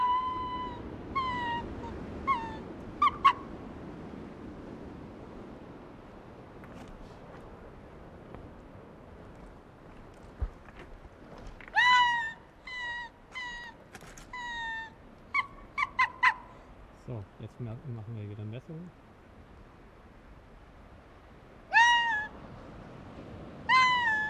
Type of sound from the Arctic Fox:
call